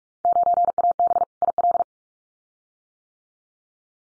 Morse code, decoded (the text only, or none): 9AB IL